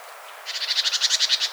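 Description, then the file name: Great tit churring call: a single dry, rapidly pulsed rattle of about a dozen buzzy notes, starting abruptly after a brief quiet moment. "Parus major"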